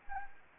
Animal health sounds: mosquito wingbeat signal from an infrared sensor; Anopheles gambiae

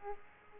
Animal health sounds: mosquito wingbeat signal from an infrared sensor; Aedes aegypti

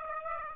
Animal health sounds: mosquito wingbeat signal from an infrared sensor; Aedes aegypti

